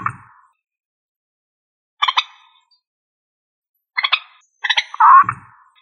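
Rail calling in harsh, stuttering bursts of two or three rough notes about every two seconds, the last burst followed by a louder drawn-out squawk.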